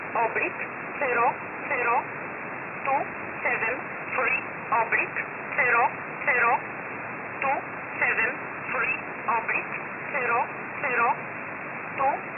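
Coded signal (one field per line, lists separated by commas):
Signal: numbers station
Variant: E11 Oblique, English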